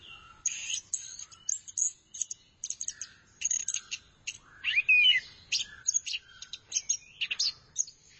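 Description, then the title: Thrush song: high, rapid chirps and trills in clusters separated by short pauses, with an occasional clear slurred whistle. "burung anis x"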